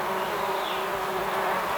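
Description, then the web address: Bees buzzing in a steady, thick drone with a low hum and faintly wavering overtones throughout. "مجموعه افکت صدا حیوانات SES Animals SFX Bees"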